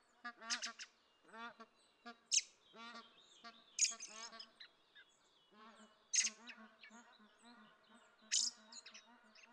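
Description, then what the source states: Bar-headed Goose flight calls, a run of nasal honks repeated throughout, with sharp loud bird notes and thin high chirps over them. Background flight calls of geese in flight, recorded 25 May 2013 at Ider gol, Mongolia.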